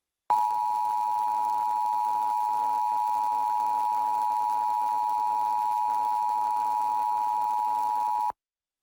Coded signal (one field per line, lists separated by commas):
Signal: Emergency Alert System (SAME) tones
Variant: 853 and 960 Hz attention tone